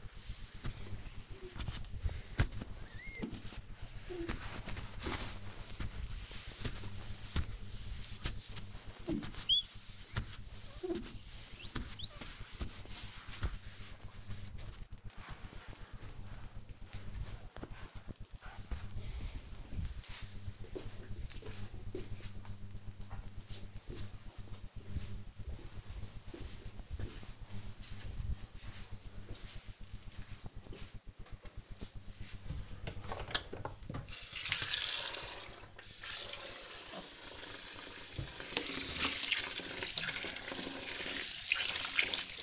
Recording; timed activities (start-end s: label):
household activities, microphone on the right wrist
0.00-16.56 s: window cleaning
30.67-42.43 s: washing dishes